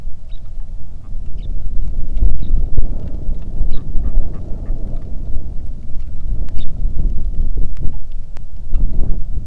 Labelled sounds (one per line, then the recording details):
songbird
waterfowl
wind
rain
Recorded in the Arctic National Wildlife Refuge, Alaska, on 3 August 2019 at 09:02
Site 46